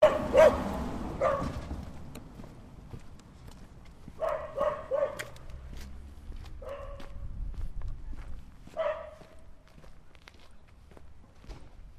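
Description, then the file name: Dog barking in short harsh bursts, a couple of single barks, then a quick series of three and two later single barks, over a low rumbling background. "Hund"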